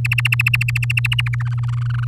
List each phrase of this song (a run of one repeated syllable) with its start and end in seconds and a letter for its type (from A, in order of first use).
0.04-1.35 A, 1.40-2.08 B